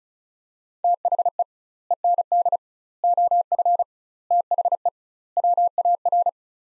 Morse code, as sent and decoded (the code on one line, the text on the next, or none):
- .... . / . -. -.. / --- ..-. / - .... . / .-- .- .-.
THE END OF THE WAR